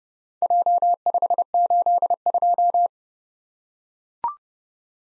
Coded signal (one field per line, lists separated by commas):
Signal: Morse code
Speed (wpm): 28 wpm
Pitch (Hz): 700 Hz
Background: none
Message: J582